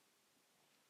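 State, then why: Not seated. The front lens standard of a vintage Ensign Carbine No. 3 folding camera is handled as it is about to be pulled out along its bed. Only a faint, steady hiss with a slight rustle is heard. Nothing has seated or clicked into place yet.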